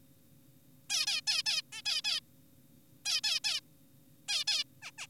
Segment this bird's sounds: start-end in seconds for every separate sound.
0.90-1.06, 1.07-1.21, 1.27-1.43, 1.46-1.62, 1.72-1.82, 1.86-2.02, 2.04-2.20, 3.06-3.21, 3.24-3.40, 3.44-3.60, 4.28-4.44, 4.48-4.64, 4.82-4.91, 4.98-5.07